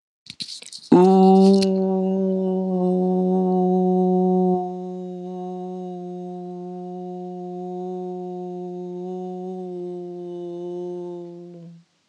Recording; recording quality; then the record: sustained vowel as in boot; excellent, no background noise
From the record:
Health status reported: healthy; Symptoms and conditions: none ticked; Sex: male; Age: 28 years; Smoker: not ticked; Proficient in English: yes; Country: India